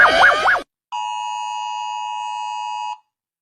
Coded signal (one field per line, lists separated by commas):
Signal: Emergency Alert System (SAME) tones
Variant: 853 and 960 Hz attention tone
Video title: EAS Alarms But Low Quality By Television screeny